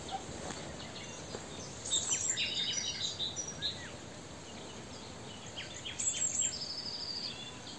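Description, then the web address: Great tit giving two bursts of short, high, rapidly repeated notes several seconds apart, over constant hiss. "SETE Parus major"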